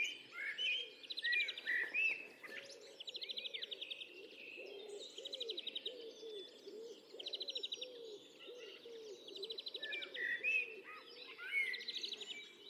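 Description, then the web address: Bird chorus: high buzzy trills and whistles from several birds over a steady series of low, soft cooing notes. "cianscape birddata Deverinetal 2025 File origin Bird Only Tu Me Tu Me"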